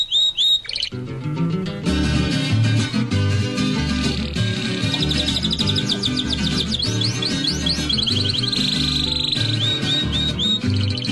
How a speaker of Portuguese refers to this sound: Passarinhos estão cantando por ver o dia clarear.